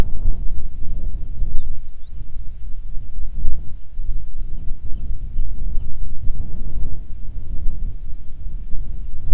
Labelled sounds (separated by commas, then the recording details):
songbird, wind
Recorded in the Prudhoe Bay oil fields, Alaska, on 9 June 2019 at 16:30
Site 21